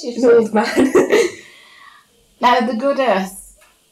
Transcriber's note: laughs